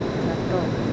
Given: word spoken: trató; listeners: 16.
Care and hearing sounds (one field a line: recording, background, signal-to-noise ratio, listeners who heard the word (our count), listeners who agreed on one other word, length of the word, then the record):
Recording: one Spanish word in noise, from a listening test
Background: speech-shaped noise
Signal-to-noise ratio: -5.1 dB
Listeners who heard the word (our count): 3 of 16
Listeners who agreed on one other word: 6 of 16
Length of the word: 0.53 s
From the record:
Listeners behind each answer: 6, 3, 3, 1, 1, 1, 1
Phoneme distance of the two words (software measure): 14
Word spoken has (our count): 2 syllables, 5 phonemes, stress on syllable 2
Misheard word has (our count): 2 syllables, 7 phonemes, stress on syllable 2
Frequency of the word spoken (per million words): 27.76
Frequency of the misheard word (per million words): 1.72